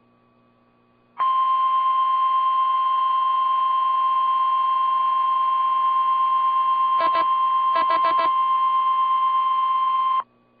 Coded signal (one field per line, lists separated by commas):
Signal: Emergency Alert System (SAME) tones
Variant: 1050 Hz attention tone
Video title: This early? | 3/2/22 - KIH28 Required Weekly Test (EAS #369)